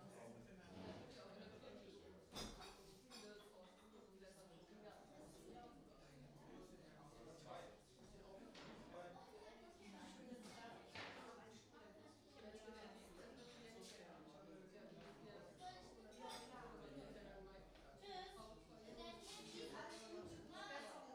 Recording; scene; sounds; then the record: everyday scene through a hearing-aid microphone; many people talking; many voices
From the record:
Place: parish hall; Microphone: in the ear canal, right